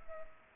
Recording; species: mosquito wingbeat signal from an infrared sensor; Culex pipiens